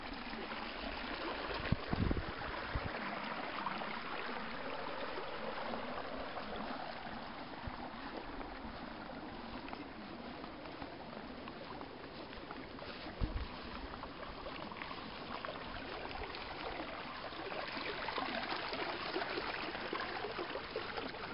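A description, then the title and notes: Someone walks along and through rice paddies in the countryside, with a steady, dense wash of water trickling and flowing throughout. A few sharp knocks or footfalls stand out near two seconds and again around thirteen seconds. Walking along and through rice paddies in the country east of Ubud on the island of Bali, Indonesia. Walking through rice paddy.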